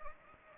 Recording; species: mosquito wingbeat signal from an infrared sensor; Anopheles gambiae